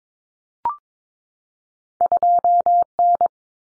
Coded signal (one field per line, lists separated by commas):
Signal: Morse code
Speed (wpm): 22 wpm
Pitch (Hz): 700 Hz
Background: none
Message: 2N